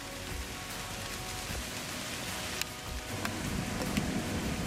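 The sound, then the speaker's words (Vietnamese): Steady rain patters on a tent in a forest, a dense, continuous hiss with scattered sharper drops tapping through it and a low rumble underneath, no voices. “Trời đang mưa các bạn nha.”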